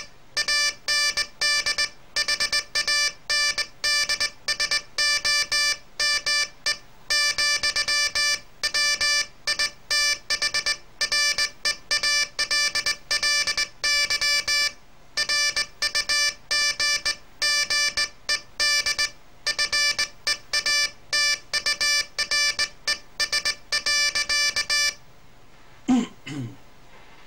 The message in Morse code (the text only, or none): AND HANDSOME, WITH REALLY RUGGED FEATURES.